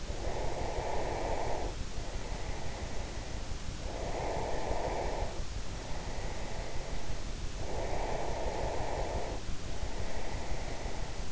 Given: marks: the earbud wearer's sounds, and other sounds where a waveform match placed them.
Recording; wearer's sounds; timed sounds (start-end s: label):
sounds in sleep by an in-ear microphone; breath
0.00-3.47 s: breath
3.83-7.07 s: breath
7.43-11.32 s: breath